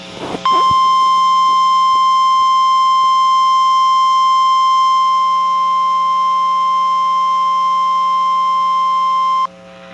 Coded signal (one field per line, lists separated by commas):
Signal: Emergency Alert System (SAME) tones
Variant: 1050 Hz attention tone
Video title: Here's more severe weather... (EAS 119-138) 4/20/23